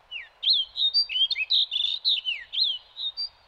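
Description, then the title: Snow Bunting song: a rapid run of clear, warbled whistles with rising and falling notes. Arctic tundra breeding grounds; males arrive in April, a month ahead of females, and defend territories relentlessly; nests in rock cavities. "The Cool, Rugged Life of a Snow Bunting"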